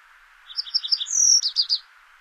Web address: Songs of Birds of North America Stokes. Yellow-eyed Junco